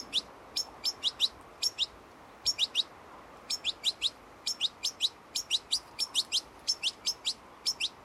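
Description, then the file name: European goldfinch giving rapid, high tinkling notes, mostly in clusters of two to four, with brief pauses between groups. "Carduelis carduelis"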